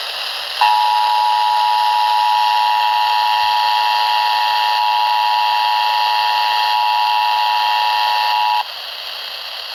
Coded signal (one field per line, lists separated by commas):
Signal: Emergency Alert System (SAME) tones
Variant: 853 and 960 Hz attention tone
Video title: MARGINAL MEYHEM IV... EAS Alerts from 5/15/22 (EAS #909-918)